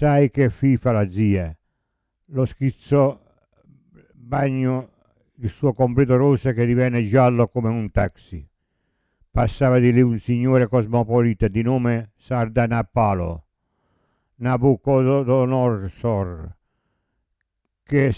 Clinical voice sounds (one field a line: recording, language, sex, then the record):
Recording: read passage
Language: Italian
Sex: male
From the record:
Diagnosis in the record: Parkinson's disease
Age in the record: 70 years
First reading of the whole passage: 65 s, 7.9 characters per second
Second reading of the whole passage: 60 s, 8.6 characters per second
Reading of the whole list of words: 48 s, 5.8 characters per second